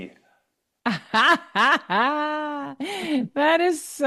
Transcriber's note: laughs